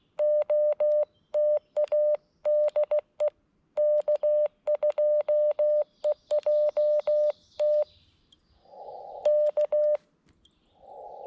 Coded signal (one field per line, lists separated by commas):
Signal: Morse code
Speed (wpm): 16 wpm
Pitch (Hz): 600 Hz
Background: none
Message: OTA DE K2EJT K